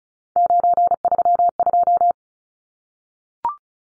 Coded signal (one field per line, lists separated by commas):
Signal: Morse code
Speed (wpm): 34 wpm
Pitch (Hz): 700 Hz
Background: none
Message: 932